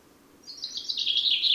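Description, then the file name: Common chaffinch song fragment: a brisk series of high, ringing notes gradually dropping in pitch, cut off before the ending. "Fringilla coelebs"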